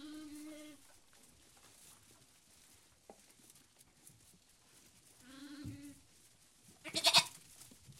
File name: polisson belement d un agneau